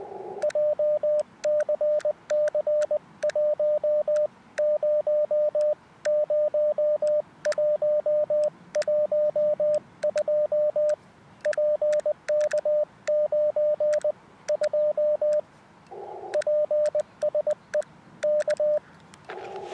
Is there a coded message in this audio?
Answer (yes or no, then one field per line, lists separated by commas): yes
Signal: Morse code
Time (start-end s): 0.4-18.8 s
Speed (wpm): 20 wpm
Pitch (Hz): 600 Hz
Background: radio noise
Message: JCC1 0 0112 PK9 2 PSE K